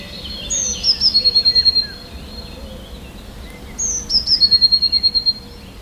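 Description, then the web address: Eurasian blue tit sings two phrases of high descending notes ending in a tinkling trill. "wroblowe teka spiew. modraszkoteka"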